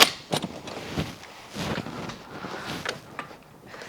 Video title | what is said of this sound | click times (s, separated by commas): Britax Galaxy360 vs CYBEX Callisto G 360 Select: Side by Side Installation Comparison | And I'm gonna go ahead and close this mouth by pressing down till it clicks. | 0.0 s